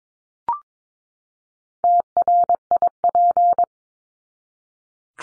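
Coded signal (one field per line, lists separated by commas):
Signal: Morse code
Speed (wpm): 22 wpm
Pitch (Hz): 700 Hz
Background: none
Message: TRIP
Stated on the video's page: Head-copy drill of common words at 22 wpm; each word is sent in Morse, spoken, then sent again.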